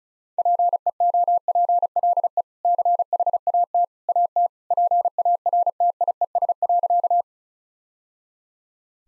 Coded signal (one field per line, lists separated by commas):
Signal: Morse code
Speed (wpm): 34 wpm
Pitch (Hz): 700 Hz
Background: none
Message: PEOPLE CHAT AT PARTIES.